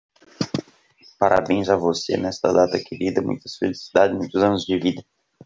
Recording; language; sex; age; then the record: short text; Brazilian Portuguese; male; 20 to 29 years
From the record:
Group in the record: control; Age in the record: 24 years